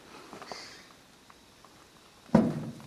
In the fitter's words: you hear that click noise and the clutch is disengaged as it would be if you were driving you wanted to